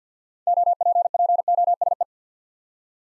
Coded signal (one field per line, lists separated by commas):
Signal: Morse code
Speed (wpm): 48 wpm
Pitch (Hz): 700 Hz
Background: none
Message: OPPOSE